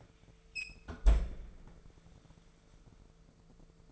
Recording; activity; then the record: daily activity, microphone in the room; close fridge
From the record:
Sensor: 5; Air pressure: 1014.9 hPa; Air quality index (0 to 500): 175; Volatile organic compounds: 6 ppm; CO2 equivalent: 1927 ppm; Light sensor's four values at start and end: 56/133/55/58 and 53/123/51/54